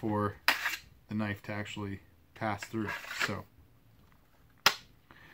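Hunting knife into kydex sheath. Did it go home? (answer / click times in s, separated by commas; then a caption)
yes / 4.7 s. A hunting knife blade is pushed into a molded kydex sheath while someone talks, and at 4.7 s a single sharp click rings out as the retention snaps the knife home. The knife is seated in the sheath.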